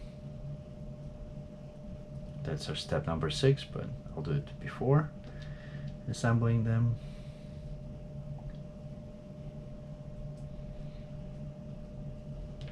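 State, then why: Not seated. Two wooden plywood parts of a UGears Tugboat model are handled as they are brought together to be pressed into each other, while someone talks between about 2.5 and 7 seconds over a steady low hum. The clip ends before the parts go home, so nothing has seated or clicked yet.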